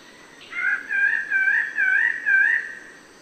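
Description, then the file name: Bird-of-paradise uttering a short run of five loud, wobbling, ringing notes, each dipping and rising in pitch. "Canto-do-Pássaro-do-Paraíso"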